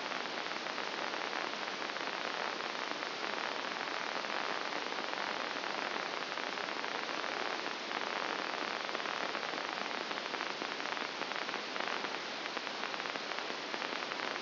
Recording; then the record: brain microelectrode recording played as sound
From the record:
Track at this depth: inside the subthalamic nucleus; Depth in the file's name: 1.905 mm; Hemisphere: left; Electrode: 2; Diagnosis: Parkinson's disease